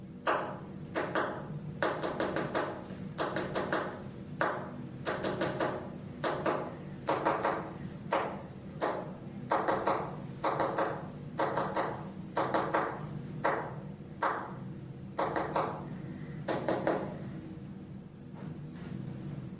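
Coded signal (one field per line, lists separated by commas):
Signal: tap code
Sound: sharp knocking taps in irregular small groups for about eighteen seconds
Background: low room hum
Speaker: When we weren't together, we'd send secret messages by tapping out a code that we'd learned from a book. The not code. >> Yep. That's what she was tapping. >> Something prisoners of war would use.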